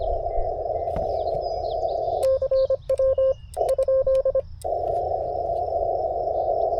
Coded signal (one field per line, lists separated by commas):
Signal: Morse code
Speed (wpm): 26 wpm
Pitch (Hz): 530 Hz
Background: none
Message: CW ?